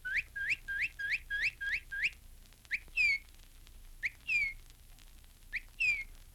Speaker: That was a cardinal, usually called redbird in Florida.